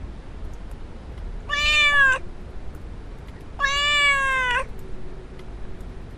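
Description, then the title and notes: Domestic cat meowing twice, each drawn-out meow lasting up to about a second and slightly falling in pitch, about two seconds apart over a soft low background hum. A little cat meowing in a braçal, captured as a field recording in the village of Alvoco das Várzeas, Oliveira do Hospital, Portugal. "gato do braçal. gravacao de campo na aldeia de alvoco das varzeas, oliveira do hospital o miar de um gato no bracal field recordings in alvoco das varzeas, portugal the sound of a little cat"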